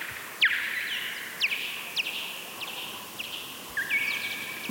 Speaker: Balsgeluid van de rosse vleermuis. 10 keer vertraagd. Wonderschoon, sprookjesachtig.